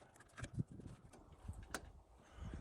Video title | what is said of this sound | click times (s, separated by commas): Tuning a tuneup on a Chevy straight six (demonstration video for school) | hear that little click that's how you know it's in | 1.8 s